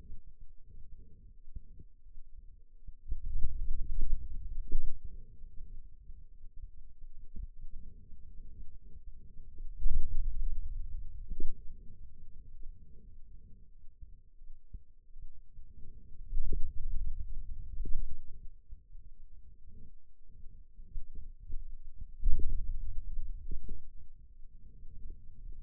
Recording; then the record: forearm muscle sounds (acoustic myography)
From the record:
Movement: hand opening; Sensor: system 2, bracelet of six BSWA MPA416 microphones around the upper forearm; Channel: 1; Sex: male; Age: 22 years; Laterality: right